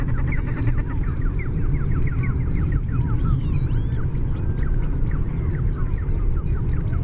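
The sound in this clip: Bird calls from a busy flock, rapid overlapping chirps with a few looping whistled notes near the middle, all over heavy low rumble.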